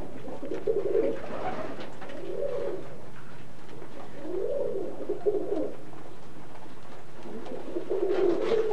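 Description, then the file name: Tumbler pigeons giving low rolling coos in several bursts. Tumbler pigeons kept by their owner, Alfred Baldia, in 1984. "Baldia Alfred mit seinen Tümmler Tauben im Jahre 1984"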